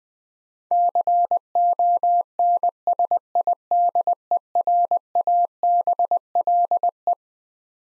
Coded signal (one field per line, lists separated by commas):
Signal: Morse code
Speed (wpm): 20 wpm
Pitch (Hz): 700 Hz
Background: none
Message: CONSIDERABLE